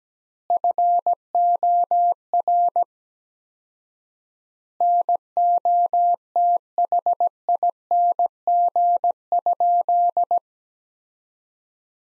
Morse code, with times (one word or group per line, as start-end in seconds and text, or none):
0.5-2.8 FOR
4.8-10.4 NOTHING?